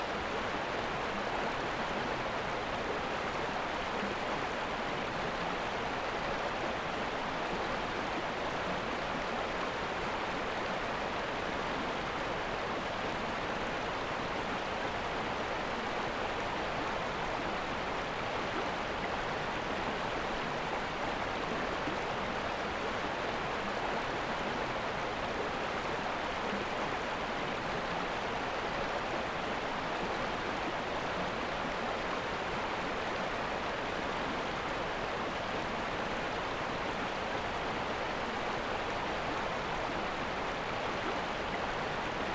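A steady, dense rush of falling water, constant and unchanging throughout, filling the middle and upper range with a soft low rumble beneath.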